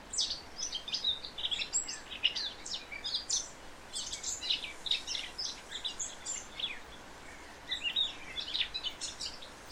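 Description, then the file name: Eurasian blackcap song: rapid, rambling warble of bright high notes delivered in near-continuous phrases with short breaks. "Sylvia atricapilla"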